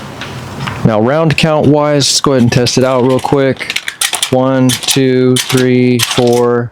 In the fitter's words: you should feel a little resistance as it slides in and a good solid click DET tenting it into place